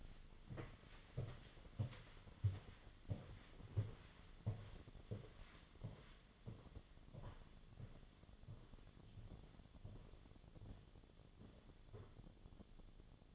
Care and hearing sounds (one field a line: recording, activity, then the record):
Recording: daily activity, microphone in the room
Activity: walk to room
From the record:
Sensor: 4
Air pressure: 1011.0 hPa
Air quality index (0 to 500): 161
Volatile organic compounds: 4 ppm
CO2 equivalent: 1642 ppm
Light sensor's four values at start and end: 42/120/49/50 and 45/127/52/53